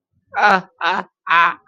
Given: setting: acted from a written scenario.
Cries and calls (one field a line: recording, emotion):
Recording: vocal sound without words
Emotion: sadness